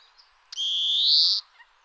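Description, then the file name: European greenfinch giving a single drawn-out wheezing call, harsh and nasal, rising gently and lasting nearly a second before stopping abruptly. "Chloris chloris"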